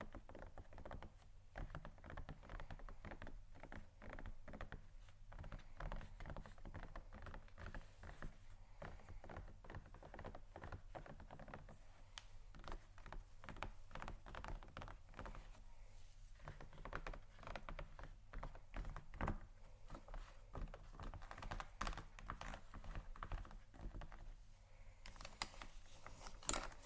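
Fingers tap and scratch across luxury leather bags in a quick, busy patter of soft clicks and dry rasps that runs without a break. The sounds come densely and unevenly, with brighter scratchy bursts near the end, over a faint low hum.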